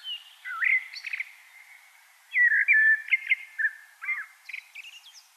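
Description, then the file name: Common blackbird singing a string of fluty, warbling notes with brief squeaky accents, under a light steady background hiss. "Turdus merula"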